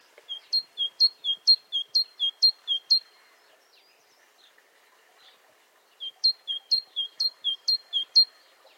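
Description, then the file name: Great tit song: a strophe of about six repeated two-note see-saw phrases, a pause, then a second similar strophe. "Parus major"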